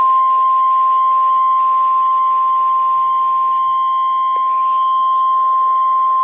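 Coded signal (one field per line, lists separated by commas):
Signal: Emergency Alert System (SAME) tones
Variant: 1050 Hz attention tone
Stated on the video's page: Flash Flood Warning from NWS State College (CTP).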